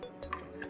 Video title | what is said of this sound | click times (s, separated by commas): ASRock DESKMEET PC Build Guide! | facing the right way and you'll hear a little click | 0.3 s